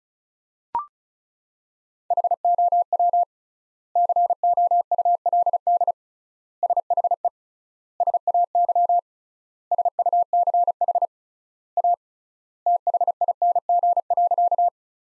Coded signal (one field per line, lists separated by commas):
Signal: Morse code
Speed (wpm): 36 wpm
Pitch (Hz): 700 Hz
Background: none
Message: HOW COULD SHE SAY SUCH A THING.